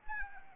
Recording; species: mosquito wingbeat signal from an infrared sensor; Anopheles arabiensis